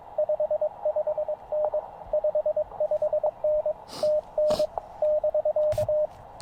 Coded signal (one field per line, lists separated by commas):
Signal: Morse code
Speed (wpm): 22 wpm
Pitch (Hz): 610 Hz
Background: radio noise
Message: 55N 55N TN <BK>